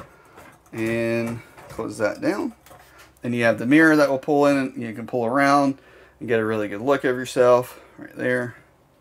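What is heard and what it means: In the bathroom of a 2023 Airstream Bambi 22FB trailer, a swing-out mirror panel is handled as it is pulled out and swung around, heading back toward its wall catch, while someone talks. The clip ends before the mirror snaps back into place, so nothing has seated or clicked yet.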